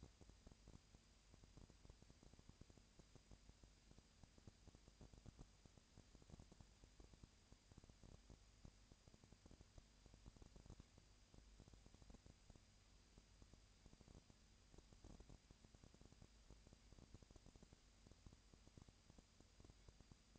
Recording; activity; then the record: daily activity, microphone in the room; no activity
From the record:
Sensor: 2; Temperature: 20.3 degrees Celsius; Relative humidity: 37.0%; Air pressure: 998.6 hPa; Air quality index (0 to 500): 236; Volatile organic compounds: 38 ppm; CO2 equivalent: 3117 ppm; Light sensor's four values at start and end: 2/3/2/2 and 2/3/2/2